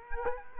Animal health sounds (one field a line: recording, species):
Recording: mosquito wingbeat signal from an infrared sensor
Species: Culex quinquefasciatus